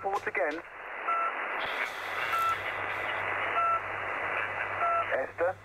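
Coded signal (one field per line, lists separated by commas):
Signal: none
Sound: radio roger beeps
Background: speech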